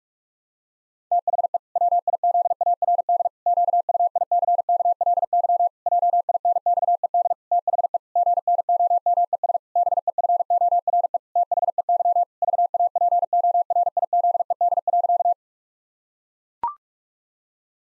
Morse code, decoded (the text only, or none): THE WIZARD QUICKLY JINXED THE GNOMES BEFORE THEY VAPORIZED.